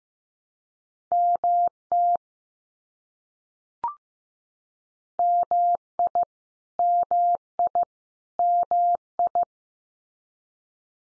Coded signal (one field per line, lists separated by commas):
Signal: Morse code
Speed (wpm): 15 wpm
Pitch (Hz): 700 Hz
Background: none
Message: MT MI MI MI